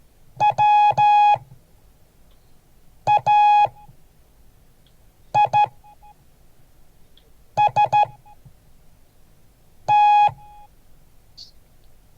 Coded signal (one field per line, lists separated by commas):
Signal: Morse code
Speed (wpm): 13 wpm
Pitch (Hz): 840 Hz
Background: none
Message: WAIST